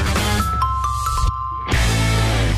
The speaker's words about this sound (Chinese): 刚才那个叮当当当当很酷的一个铃声啊